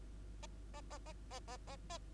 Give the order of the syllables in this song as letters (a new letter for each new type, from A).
A A A A A A A A